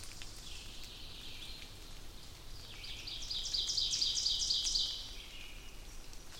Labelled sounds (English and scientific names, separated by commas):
Ovenbird (Seiurus aurocapilla) song